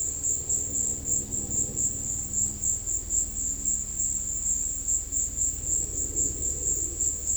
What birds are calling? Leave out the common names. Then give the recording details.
none. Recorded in secondary vegetation near Puerto Asís, Putumayo, Colombia, on 19 February 2024 at 15:00. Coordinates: 0.472, -76.331. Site G6371